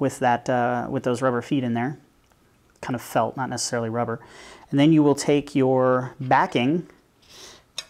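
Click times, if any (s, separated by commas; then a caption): 7.8 s. Someone talks while fitting a HunterF thin aluminum case to a Samsung Galaxy S3, with the bumper already over the phone and its rubber feet inside. The aluminum backing plate is pressed onto the bumper frame and snaps into place with a sharp, short click at 7.8 s.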